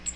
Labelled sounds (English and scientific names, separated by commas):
Cape May Warbler (Setophaga tigrina) flight call